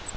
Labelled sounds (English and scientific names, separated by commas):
Grace's Warbler (Setophaga graciae) flight call